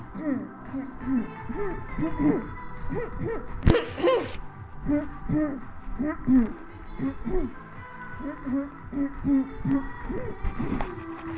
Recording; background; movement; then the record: throat clearing; music; walking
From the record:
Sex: female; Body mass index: 21.8 kg/m2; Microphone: on the chest, facing the body